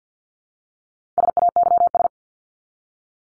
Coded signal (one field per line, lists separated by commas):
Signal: Morse code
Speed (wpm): 48 wpm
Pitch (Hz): 700 Hz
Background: none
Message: SAYS